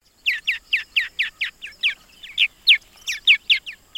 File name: Purple Martin Houses